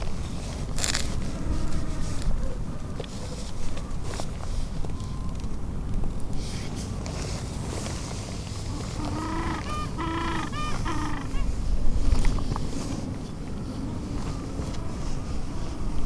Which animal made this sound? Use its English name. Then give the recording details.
Gentoo Penguin. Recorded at the colony at Brown Bluff, Antarctica, on 4 December 2015. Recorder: Song Meter SM2+